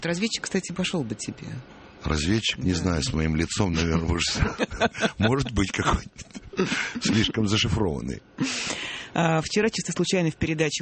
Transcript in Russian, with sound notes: вот разведчик, кстати, пошел бы тебе.
Разведчик – не знаю, с моим лицом, наверное… (смеются) Может быть, какой-нибудь слишком зашифрованный.
«Вчера чисто случайно в передаче…»